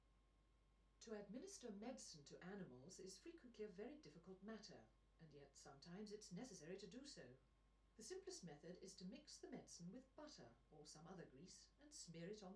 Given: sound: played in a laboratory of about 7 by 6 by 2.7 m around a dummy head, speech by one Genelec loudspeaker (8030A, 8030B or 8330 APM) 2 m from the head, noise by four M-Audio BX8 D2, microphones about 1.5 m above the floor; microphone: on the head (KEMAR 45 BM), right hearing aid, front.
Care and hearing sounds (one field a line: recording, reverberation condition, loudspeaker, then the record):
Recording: female speech in English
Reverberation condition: low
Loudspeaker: 30 degrees to the left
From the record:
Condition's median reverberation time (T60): about 310 ms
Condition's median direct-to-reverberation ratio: about 3.5 dB